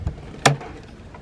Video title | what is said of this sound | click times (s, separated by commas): VLAND HID INSTALL ! #iilumo | That click means it's in. | 0.5 s